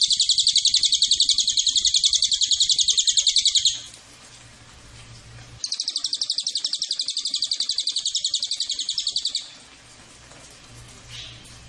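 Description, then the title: Cililin: bursts of rapid, high, sharp chirping from a Cililin, each several seconds long, separated by stretches of quiet background hiss. Master (tutor) recording of Cililin sound, also usable as a lure (pancingan) to prompt Cililin to sing. "MASTERAN SUARA BURUNG CILILIN BISA JUGA PANCINGAN CILILIN"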